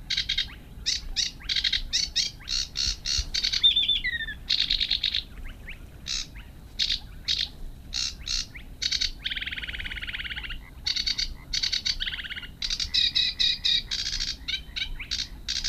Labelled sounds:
Sedge Warbler (Acrocephalus schoenobaenus) song

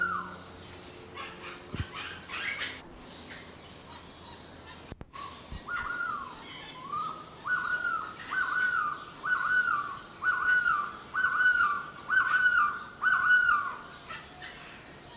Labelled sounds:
Crested Quetzal (Pharomachrus antisianus) call

